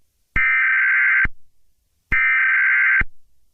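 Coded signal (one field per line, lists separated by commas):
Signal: Emergency Alert System (SAME) tones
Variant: header bursts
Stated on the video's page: Mock tornado warning EAS alert with simulated tones.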